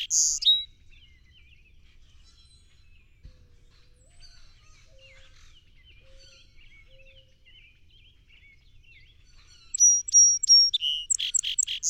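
Song sparrow song ending at the start, then a long quiet gap with faint chirps, before a new song begins with three whistles and buzzy notes.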